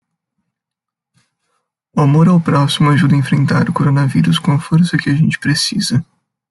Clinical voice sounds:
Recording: spoken sentence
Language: Brazilian Portuguese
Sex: male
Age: 20 to 29 years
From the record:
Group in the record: control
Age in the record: 22 years

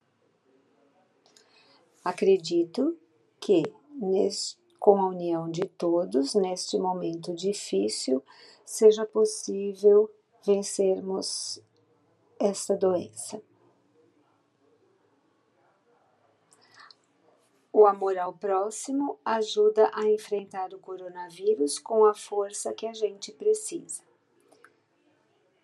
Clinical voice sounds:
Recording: spoken sentence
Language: Brazilian Portuguese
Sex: female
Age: 50 to 59 years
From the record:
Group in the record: control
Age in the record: 58 years

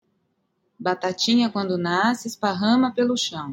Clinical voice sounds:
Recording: short text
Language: Brazilian Portuguese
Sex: female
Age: 40 to 49 years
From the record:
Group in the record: control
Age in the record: 49 years

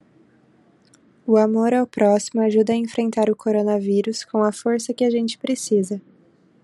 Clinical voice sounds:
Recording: spoken sentence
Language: Brazilian Portuguese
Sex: female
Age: 20 to 29 years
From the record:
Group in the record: control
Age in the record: 25 years

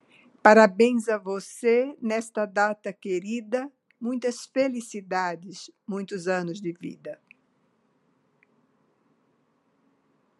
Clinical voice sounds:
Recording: short text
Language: Brazilian Portuguese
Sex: female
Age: 70 to 79 years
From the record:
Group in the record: control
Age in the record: 73 years

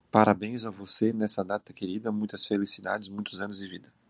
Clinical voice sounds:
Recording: short text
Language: Brazilian Portuguese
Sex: male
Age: 40 to 49 years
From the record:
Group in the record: control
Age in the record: 46 years

